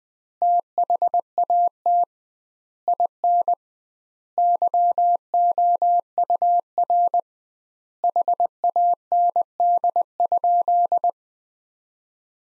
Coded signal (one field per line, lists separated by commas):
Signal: Morse code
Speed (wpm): 19 wpm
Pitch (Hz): 700 Hz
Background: none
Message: THAT IN YOUR HAND?